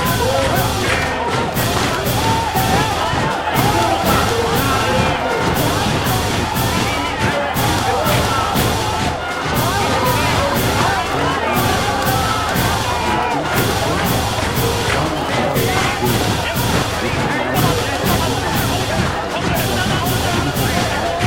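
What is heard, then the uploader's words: A Hong Kong protest: a dense, unbroken mass of voices holds at a steady level for the whole stretch. Quick, regular pulses run through it, like rhythmic chanting or beating, with low thumps and individual speech rising out of the crowd. Hong Kong protests(香港抗议).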